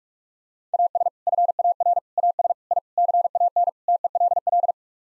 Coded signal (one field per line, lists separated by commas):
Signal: Morse code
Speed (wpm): 42 wpm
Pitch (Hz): 700 Hz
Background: none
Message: AS FAR AS I CAN TELL